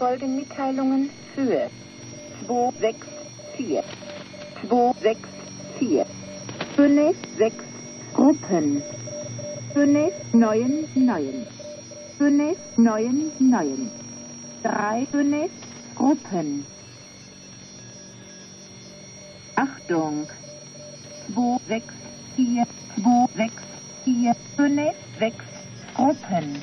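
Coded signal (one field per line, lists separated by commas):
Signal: numbers station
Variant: German language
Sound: synthetic German voice reading numbers and 'Achtung', words evenly spaced, over radio hiss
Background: radio static, faint tone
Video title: The Conet Project - Letter N U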